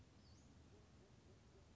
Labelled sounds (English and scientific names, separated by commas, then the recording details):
Western Flycatcher (Empidonax difficilis)
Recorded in Sonoma County, California